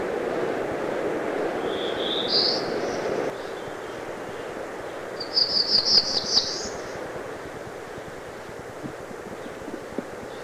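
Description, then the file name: Black-throated Blue Warbler song: one brief buzzy phrase, then a longer series of buzzy notes, over low rumbling background noise that eases after about three seconds. "Black-throated Blue Warbler"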